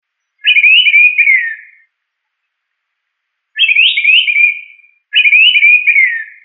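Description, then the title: Bird singing three separate warbled, whistled phrases, each about one and a half seconds long and slightly falling at the end, with quiet gaps between them. "LuckyPassaros CompletosSama"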